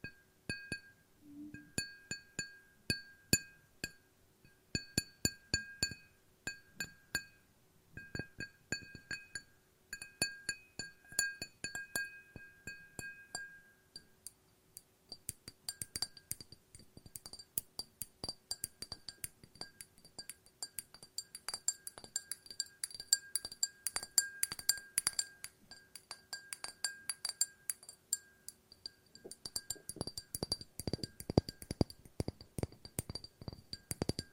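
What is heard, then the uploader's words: Glass is tapped over and over, each sharp clink followed by a thin ringing tone that hangs between hits. The taps come fast and uneven, growing denser and brighter after about fifteen seconds, with a cluster of harder strikes near the end. ASMR No Talking Glass Tapping and Ringing Sounds.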